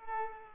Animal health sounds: mosquito wingbeat signal from an infrared sensor; Culex pipiens

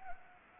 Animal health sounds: mosquito wingbeat signal from an infrared sensor; Anopheles gambiae

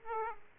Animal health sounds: mosquito wingbeat signal from an infrared sensor; Aedes aegypti

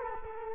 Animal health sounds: mosquito wingbeat signal from an infrared sensor; Culex quinquefasciatus

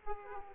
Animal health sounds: mosquito wingbeat signal from an infrared sensor; Aedes aegypti

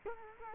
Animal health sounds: mosquito wingbeat signal from an infrared sensor; Culex quinquefasciatus

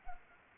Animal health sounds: mosquito wingbeat signal from an infrared sensor; Anopheles arabiensis

